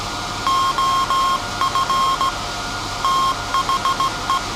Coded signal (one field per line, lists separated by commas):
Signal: Morse code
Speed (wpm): 17 wpm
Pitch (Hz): 1070 Hz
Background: none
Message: OF THE